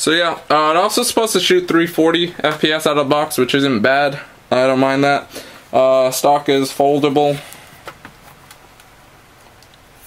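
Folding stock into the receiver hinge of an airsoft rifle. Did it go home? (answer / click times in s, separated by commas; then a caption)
no / none. Someone talks for most of the clip, then it goes quiet as the folding stock of a JG MG36 airsoft rifle is handled at its hinge into the receiver. Faint handling taps come at about 8.1, 8.5, 8.8 and 9.6 seconds. The stock has not locked into place yet.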